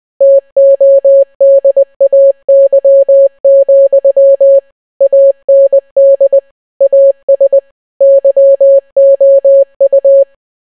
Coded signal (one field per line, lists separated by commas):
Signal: Morse code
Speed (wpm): 20 wpm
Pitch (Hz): 550 Hz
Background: none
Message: TODAY, AND AS YOU